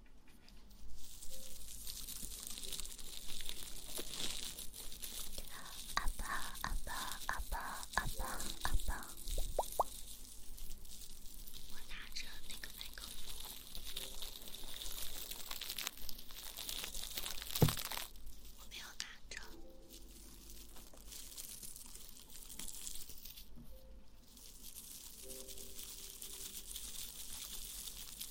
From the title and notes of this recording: ASMR kisses in the ear, comfortably picks out the ears.